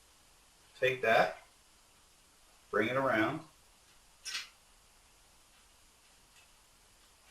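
A fan dust filter is brought around and lined up on the top of a PC case, only handled and not yet pressed in, so nothing has clicked or seated yet. Someone talks in two short bursts around 0.8–1.4 s and 2.7–3.5 s, followed by a brief soft noise near 4.3 s, against a quiet background.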